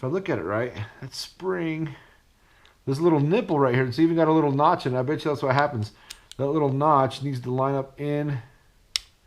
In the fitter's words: ah you hear it click